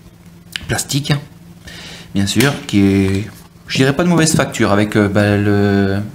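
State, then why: Released. A clipped-on plastic back cover is unclipped from a Jiayu S3 smartphone body. A short sharp snap at 0.6 s marks the clips letting go and the cover coming free. Someone then talks.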